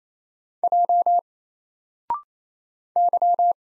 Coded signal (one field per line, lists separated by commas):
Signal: Morse code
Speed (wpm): 28 wpm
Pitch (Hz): 700 Hz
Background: none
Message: J Y